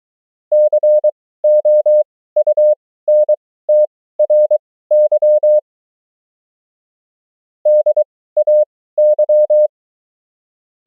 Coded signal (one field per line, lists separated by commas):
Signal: Morse code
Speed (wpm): 23 wpm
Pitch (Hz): 600 Hz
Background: none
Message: COUNTRY DAY